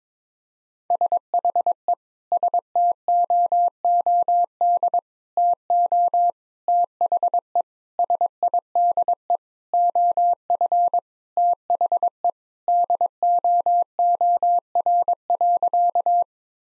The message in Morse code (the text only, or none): SHE STOOD TO THE SIDE OF THE DOOR.